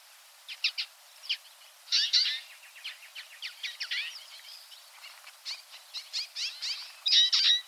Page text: Чечетка горная (Acanthis flavirostris ) - Стайка